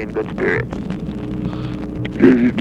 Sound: yawns